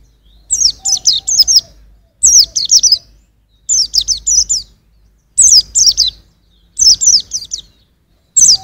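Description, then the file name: White-eye song: bursts of three to five high, thin, sweeping notes, each burst about a second long and repeated roughly every one and a half seconds. "suara burung pleci usro"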